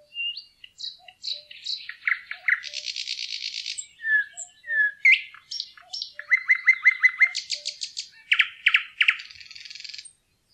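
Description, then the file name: Thrush nightingale song: varied phrases of sharp chips, loud repeated clicking notes around mid pitch, and dry buzzy rattles, with brief pauses between bursts. "nattergal"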